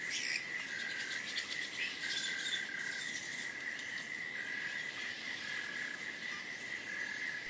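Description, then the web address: Cicadas drone in a steady, unbroken buzz on one pitch, with a fainter, fluttering hiss shimmering above it early on. "bats-cicadas-01"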